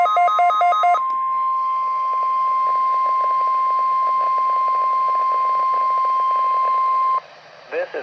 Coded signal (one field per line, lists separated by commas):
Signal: Emergency Alert System (SAME) tones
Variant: 1050 Hz attention tone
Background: speech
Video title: (EAS) Required Weekly Test